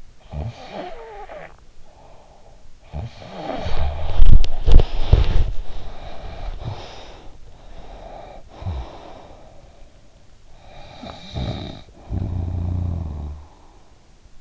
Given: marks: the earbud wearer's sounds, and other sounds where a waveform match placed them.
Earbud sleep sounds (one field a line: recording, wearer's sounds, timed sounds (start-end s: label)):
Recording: sounds in sleep by an in-ear microphone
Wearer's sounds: snoring breath, body movement, breath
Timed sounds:
0.27-2.63 s: snoring breath
2.91-5.45 s: snoring breath
2.91-7.39 s: body movement
5.63-7.44 s: breath
7.52-10.12 s: breath
10.60-13.67 s: snoring breath